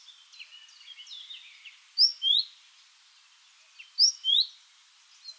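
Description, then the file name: Great tit calls: two bright paired notes, a short high slur followed by a longer one, given twice about two seconds apart, over faint chirping. "Parus major"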